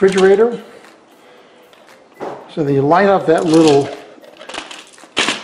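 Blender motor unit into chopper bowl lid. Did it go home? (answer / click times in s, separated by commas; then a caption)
yes / 5.2 s. A stick blender motor unit is lined up with the hole on the chopper bowl lid and pushed down until it locks in place. Someone talks, then small handling clicks and taps follow, and a sharp click at 5.2 s marks the attachment locking.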